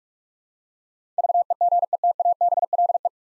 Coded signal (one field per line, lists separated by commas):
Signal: Morse code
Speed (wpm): 44 wpm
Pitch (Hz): 700 Hz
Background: none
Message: VEGETABLE